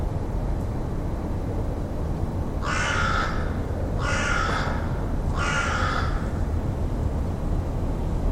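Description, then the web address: Bird calls: three harsh, cawing notes, evenly spaced, over steady low background rumble. "Deverinetal 2025 File origin Bird Only"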